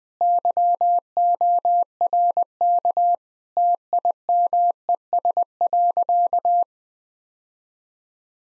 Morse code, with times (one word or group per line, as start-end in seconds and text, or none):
0.2-3.1 YORK
3.6-6.6 TIMES.